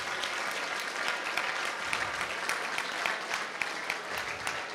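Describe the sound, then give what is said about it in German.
Sustained applause from an audience at an entrepreneurship prize-giving ceremony in Berlin, for the winning team Evergreen: a dense steady wash of many hands clapping with scattered sharper claps throughout, no voices standing out. “Und dafür vielleicht einfach einen großen Beifall von allen für Evergreen.”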